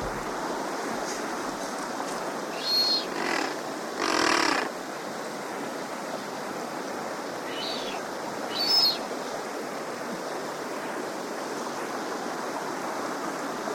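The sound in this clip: Blue duck calls: a few scratchy bursts and faint high whistles scattered over about six seconds, with continuous rushing water throughout.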